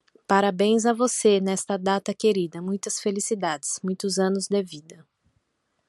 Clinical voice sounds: short text; Brazilian Portuguese; female; 40 to 49 years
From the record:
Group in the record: control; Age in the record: 41 years

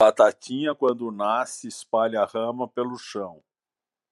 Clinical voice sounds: short text; Brazilian Portuguese; male; 50 to 59 years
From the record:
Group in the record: control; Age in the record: 58 years

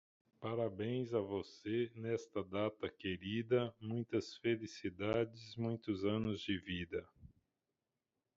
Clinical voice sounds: short text; Brazilian Portuguese; male; 50 to 59 years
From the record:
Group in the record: control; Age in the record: 55 years

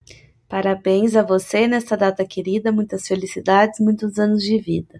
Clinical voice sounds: short text; Brazilian Portuguese; female; 30 to 39 years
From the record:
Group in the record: control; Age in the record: 36 years

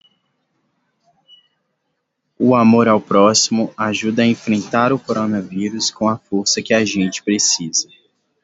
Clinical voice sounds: spoken sentence; Brazilian Portuguese; male; 20 to 29 years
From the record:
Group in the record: control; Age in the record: 22 years

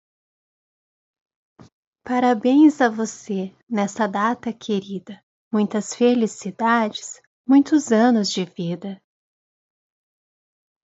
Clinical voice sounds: short text; Brazilian Portuguese; female; 30 to 39 years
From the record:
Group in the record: control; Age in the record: 35 years

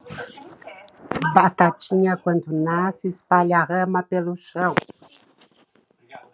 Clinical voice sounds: short text; Brazilian Portuguese; female; 60 to 69 years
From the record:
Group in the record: control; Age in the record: 69 years

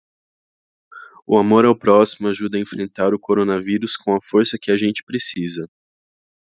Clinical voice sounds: spoken sentence; Brazilian Portuguese; male; 20 to 29 years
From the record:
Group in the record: control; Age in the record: 27 years

